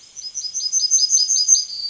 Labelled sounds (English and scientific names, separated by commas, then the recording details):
Yellowhammer (Emberiza citrinella) song
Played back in forest
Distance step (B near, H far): B
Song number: 058